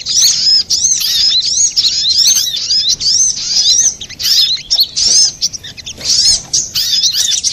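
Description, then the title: Little spiderhunter song: dense, high-pitched chattering of quick up-and-down chirps, pouring out almost nonstop with brief pauses. Master recording used for training cage birds. "Sogok Ontong Labaik"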